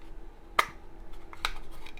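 A small plastic part is pressed onto the hull of a 1/350 scale Kronos One model ship and seats with a sharp click at 0.6 s. Two lighter ticks follow at about 1.3 s and 1.5 s over a quiet background hum, and the part is in place.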